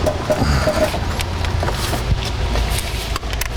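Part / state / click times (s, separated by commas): electrical connector onto cam position sensor on diesel engine / seated / 3.4 s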